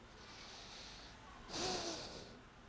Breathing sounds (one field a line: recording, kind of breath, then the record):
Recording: one breath in and out by a microphone near the nose and mouth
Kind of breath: deep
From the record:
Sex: male